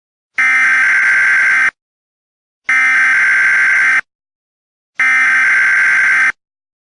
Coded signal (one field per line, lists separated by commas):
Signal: Emergency Alert System (SAME) tones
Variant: header bursts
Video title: EAS Scenario - ISIS Invades America, Part 1